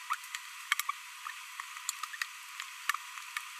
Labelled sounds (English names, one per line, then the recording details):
Green-rumped Parrotlet babbling
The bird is a female
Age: 22 days
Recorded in a nest box in Venezuela
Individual 17B42B1